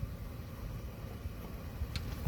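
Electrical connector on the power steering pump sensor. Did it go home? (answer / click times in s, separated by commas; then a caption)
released / 2.0 s. The electrical connector on the power steering pump sensor of a 1999 Toyota Avalon is unplugged by squeezing its lock tab and pulling it down. Over a steady low background hum, a short sharp pop is heard at 1.9 s as the connector releases. It is then covered with a plastic cover to keep fluid off it.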